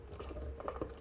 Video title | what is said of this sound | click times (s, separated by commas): 86热破之后再度秒杀MP，变形金刚 遗产 传世进化 白狮 擎天柱 | 还有这一块放着领导模块的胸板盖子卡上去。 | 0.7 s